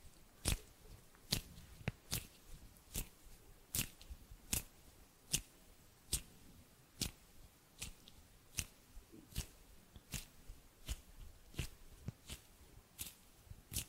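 Finger snaps ring out sharply at a steady rate, roughly one every three quarters of a second, for the whole stretch. Each snap is a bright, crisp crack. Between them, faint rustling and low fluttering hand movements fill the gaps.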